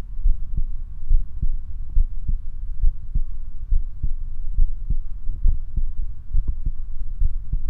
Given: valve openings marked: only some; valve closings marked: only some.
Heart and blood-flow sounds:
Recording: heart sounds by stethoscope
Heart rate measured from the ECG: 69 bpm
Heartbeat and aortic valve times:
0.27 s: heartbeat (ECG mark)
0.35 s: aortic valve opens (echo mark)
0.58 s: aortic valve closes (echo mark)
1.12 s: heartbeat (ECG mark)
1.20 s: aortic valve opens (echo mark)
1.43 s: aortic valve closes (echo mark)
1.98 s: heartbeat (ECG mark)
2.05 s: aortic valve opens (echo mark)
2.85 s: heartbeat (ECG mark)
2.92 s: aortic valve opens (echo mark)
3.16 s: aortic valve closes (echo mark)
3.74 s: heartbeat (ECG mark)
3.81 s: aortic valve opens (echo mark)
4.04 s: aortic valve closes (echo mark)
4.60 s: heartbeat (ECG mark)
4.68 s: aortic valve opens (echo mark)
4.88 s: aortic valve closes (echo mark)
5.46 s: heartbeat (ECG mark)
5.54 s: aortic valve opens (echo mark)
5.78 s: aortic valve closes (echo mark)
6.36 s: heartbeat (ECG mark)
6.43 s: aortic valve opens (echo mark)
6.66 s: aortic valve closes (echo mark)
7.23 s: heartbeat (ECG mark)
From the record:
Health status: healthy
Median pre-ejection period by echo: 76 ms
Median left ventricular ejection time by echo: 237 ms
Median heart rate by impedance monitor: 69 bpm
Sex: male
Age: 24 years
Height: 167 cm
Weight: 61 kg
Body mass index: 21.87

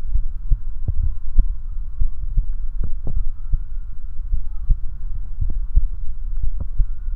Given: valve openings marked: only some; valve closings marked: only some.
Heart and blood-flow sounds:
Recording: heart sounds by stethoscope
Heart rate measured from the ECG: 57 bpm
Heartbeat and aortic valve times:
0.17 s: heartbeat (ECG mark)
1.05 s: heartbeat (ECG mark)
1.14 s: aortic valve opens (echo mark)
2.03 s: heartbeat (ECG mark)
2.43 s: aortic valve closes (echo mark)
3.19 s: heartbeat (ECG mark)
3.57 s: aortic valve closes (echo mark)
4.36 s: heartbeat (ECG mark)
4.74 s: aortic valve closes (echo mark)
5.43 s: heartbeat (ECG mark)
5.52 s: aortic valve opens (echo mark)
6.45 s: heartbeat (ECG mark)
6.83 s: aortic valve closes (echo mark)
From the record:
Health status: healthy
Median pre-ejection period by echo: 93 ms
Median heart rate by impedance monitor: 57 bpm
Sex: male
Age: 20 years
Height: 178 cm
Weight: 77 kg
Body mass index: 24.30

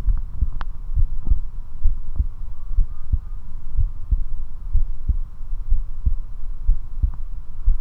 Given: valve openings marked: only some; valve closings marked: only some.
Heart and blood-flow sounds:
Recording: heart sounds by stethoscope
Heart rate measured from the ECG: 63 bpm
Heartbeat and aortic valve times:
0.10 s: heartbeat (ECG mark)
0.14 s: aortic valve opens (echo mark)
0.42 s: aortic valve closes (echo mark)
0.99 s: heartbeat (ECG mark)
1.87 s: heartbeat (ECG mark)
1.91 s: aortic valve opens (echo mark)
2.21 s: aortic valve closes (echo mark)
2.80 s: heartbeat (ECG mark)
2.84 s: aortic valve opens (echo mark)
3.14 s: aortic valve closes (echo mark)
3.80 s: heartbeat (ECG mark)
3.85 s: aortic valve opens (echo mark)
4.13 s: aortic valve closes (echo mark)
4.76 s: heartbeat (ECG mark)
4.82 s: aortic valve opens (echo mark)
5.73 s: heartbeat (ECG mark)
5.78 s: aortic valve opens (echo mark)
6.08 s: aortic valve closes (echo mark)
6.70 s: heartbeat (ECG mark)
6.75 s: aortic valve opens (echo mark)
7.69 s: heartbeat (ECG mark)
7.74 s: aortic valve opens (echo mark)
From the record:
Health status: healthy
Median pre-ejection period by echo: 46 ms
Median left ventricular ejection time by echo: 295 ms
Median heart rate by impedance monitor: 62 bpm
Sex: male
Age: 19 years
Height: 179 cm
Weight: 78 kg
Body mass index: 24.34

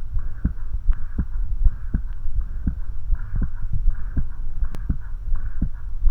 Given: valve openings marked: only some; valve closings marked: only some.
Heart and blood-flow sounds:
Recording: heart sounds by stethoscope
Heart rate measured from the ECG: 81 bpm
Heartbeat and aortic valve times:
0.15 s: heartbeat (ECG mark)
0.20 s: aortic valve opens (echo mark)
0.47 s: aortic valve closes (echo mark)
0.89 s: heartbeat (ECG mark)
0.92 s: aortic valve opens (echo mark)
1.21 s: aortic valve closes (echo mark)
1.64 s: heartbeat (ECG mark)
1.68 s: aortic valve opens (echo mark)
1.96 s: aortic valve closes (echo mark)
2.38 s: heartbeat (ECG mark)
2.42 s: aortic valve opens (echo mark)
2.69 s: aortic valve closes (echo mark)
3.12 s: heartbeat (ECG mark)
3.16 s: aortic valve opens (echo mark)
3.45 s: aortic valve closes (echo mark)
3.87 s: heartbeat (ECG mark)
3.92 s: aortic valve opens (echo mark)
4.19 s: aortic valve closes (echo mark)
4.61 s: heartbeat (ECG mark)
4.66 s: aortic valve opens (echo mark)
4.93 s: aortic valve closes (echo mark)
5.32 s: heartbeat (ECG mark)
5.38 s: aortic valve opens (echo mark)
5.65 s: aortic valve closes (echo mark)
6.06 s: heartbeat (ECG mark)
From the record:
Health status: healthy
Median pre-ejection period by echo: 50 ms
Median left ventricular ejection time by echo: 278 ms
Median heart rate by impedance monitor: 80 bpm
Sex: female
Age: 19 years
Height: 155 cm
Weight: 52 kg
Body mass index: 21.63

